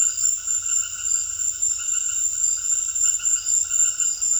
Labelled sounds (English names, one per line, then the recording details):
none
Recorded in secondary vegetation near Puerto Asís, Putumayo, Colombia, on 25 June 2025 at 18:30
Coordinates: 0.500, -76.326
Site GP08